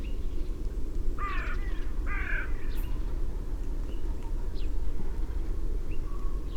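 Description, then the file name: Carrion crow uttering two short, rasping caws about a second apart, then only low background rumble and faint bird chirps. "Corvus corone"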